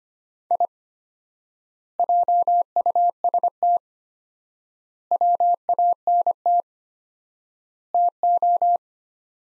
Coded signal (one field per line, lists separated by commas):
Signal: Morse code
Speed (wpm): 25 wpm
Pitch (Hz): 700 Hz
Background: none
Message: I JUST WANT TO